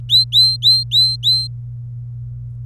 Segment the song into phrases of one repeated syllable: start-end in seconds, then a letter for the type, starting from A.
0.09-1.47 A